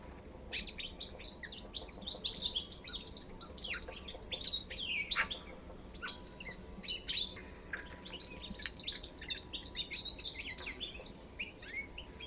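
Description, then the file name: European goldfinch twittering, a dense run of quick tinkling and buzzy notes with overlapping chatter throughout, over a steady low background hum. "Carduelis carduelis"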